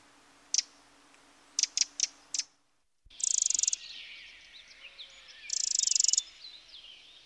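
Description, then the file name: Eurasian wren song: a few sharp ticks, then two bursts of high, rapid, rattling trills over a steady background hiss. "Troglodyte Mignon"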